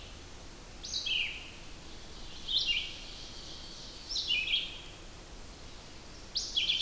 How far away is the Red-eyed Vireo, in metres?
about 20 m